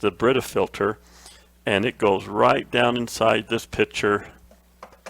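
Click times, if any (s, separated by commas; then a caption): none. Someone talks while handling a Brita plastic water-pitcher filter cartridge that is about to be pushed down into the filter well of a pitcher used for freeze-dryer oil, where it should snap in like the original Harvest Right oil filter. Two brief, faint handling taps are heard near 4.8 and 5.1 seconds. The cartridge has not seated or clicked into place yet.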